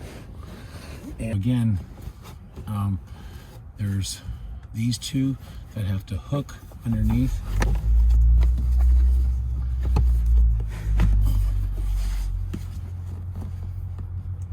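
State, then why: Not seated. Someone talks while handling a plastic interior trim piece at the back seat of a Model 3 or Model Y, hooking its two tabs underneath into the car's interior panel. Low rumbling handling noise follows with a few short, sharp knocks between about 8.4 and 12.5 seconds. Nothing has seated or clicked yet.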